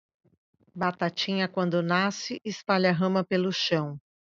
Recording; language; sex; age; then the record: short text; Brazilian Portuguese; female; 50 to 59 years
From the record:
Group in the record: control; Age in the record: 52 years